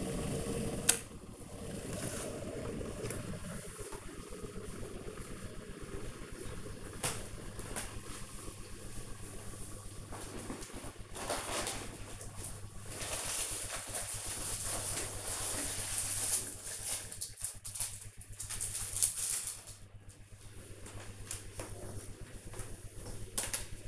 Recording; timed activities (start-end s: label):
household activities, microphone on the right wrist
0.00-23.88 s: making tea